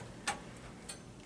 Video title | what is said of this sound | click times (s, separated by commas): DIRTY DELL INSPIRON to RGB BEAUTY - Transferring a Dell Inspiron ATX Motherboard into a NEW CASE! | 24 pin connector while supporting the motherboard so we don't hurt it. Okay. A nice click. | 0.3 s